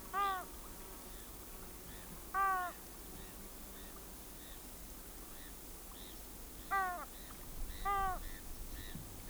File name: pacific loon